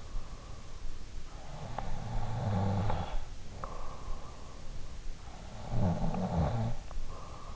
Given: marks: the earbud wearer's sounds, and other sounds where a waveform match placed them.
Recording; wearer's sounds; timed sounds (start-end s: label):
sounds in sleep by an in-ear microphone; snoring breath
0.93-4.02 s: snoring breath
5.10-7.55 s: snoring breath